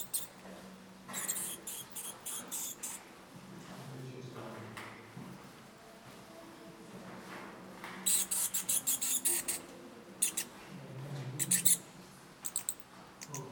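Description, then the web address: Bats giving high squeaky chirps in irregular bursts, a quieter middle stretch, then a busy run of rapid shrill squeaks. "Soundscape Bat 1"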